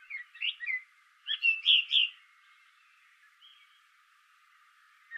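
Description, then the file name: Common blackbird giving a few fluty notes followed by a tight cluster of rich warbles, then only faint soft twittering. "Turdus merula"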